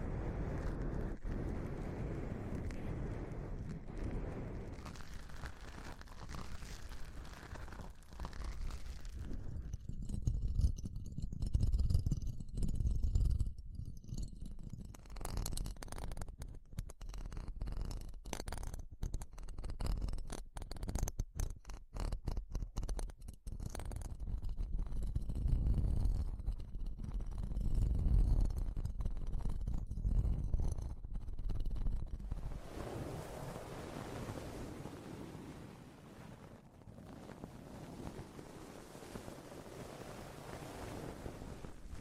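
A microphone is slowly grabbed and handled, giving a low, muffled rumble throughout. From about ten seconds to thirty-two seconds, dense crackling and scraping clicks pile up with heavier thumps, then the sound turns to a smoother, steady hiss that fades slightly.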